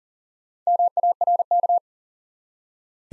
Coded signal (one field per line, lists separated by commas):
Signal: Morse code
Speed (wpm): 41 wpm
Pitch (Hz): 700 Hz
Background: none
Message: MARK